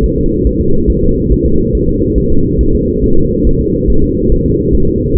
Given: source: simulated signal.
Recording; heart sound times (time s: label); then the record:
fetal heart sounds
0.04 s: S1
0.18 s: S2
0.47 s: S1
0.61 s: S2
0.90 s: S1
1.04 s: S2
1.32 s: S1
1.46 s: S2
1.75 s: S1
1.89 s: S2
2.18 s: S1
2.32 s: S2
2.61 s: S1
2.75 s: S2
3.04 s: S1
3.18 s: S2
3.47 s: S1
3.61 s: S2
3.90 s: S1
4.04 s: S2
4.32 s: S1
4.46 s: S2
4.75 s: S1
4.88 s: S2
5.17 s: S1
From the record:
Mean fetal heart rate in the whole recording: 140 bpm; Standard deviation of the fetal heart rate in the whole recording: 2 bpm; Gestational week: 34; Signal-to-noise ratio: -17.7 dB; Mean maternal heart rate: 72 bpm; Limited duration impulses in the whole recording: present